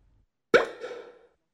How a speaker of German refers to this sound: Sie nimmt die Sektflasche und öffnet sie.